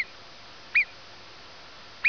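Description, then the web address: Marmot calls: three short, sharp, high whistles, each a quick arched note, with faint hiss between them. Recorded at Costalta. "costalta ascolta marmot"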